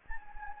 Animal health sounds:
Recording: mosquito wingbeat signal from an infrared sensor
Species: Anopheles gambiae

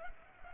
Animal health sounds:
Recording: mosquito wingbeat signal from an infrared sensor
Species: Culex pipiens

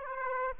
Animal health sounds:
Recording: mosquito wingbeat signal from an infrared sensor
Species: Aedes aegypti

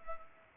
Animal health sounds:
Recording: mosquito wingbeat signal from an infrared sensor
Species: Culex pipiens

